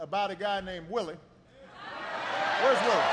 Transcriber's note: applause